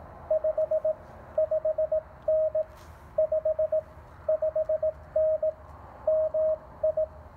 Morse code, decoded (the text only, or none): 55N 55N MI